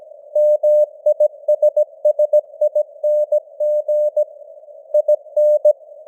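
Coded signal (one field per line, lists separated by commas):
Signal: Morse code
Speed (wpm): 17 wpm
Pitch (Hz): 600 Hz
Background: none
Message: MISSING IN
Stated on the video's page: Morse news headlines at 17 wpm with simulated radio noise and fading (QSB).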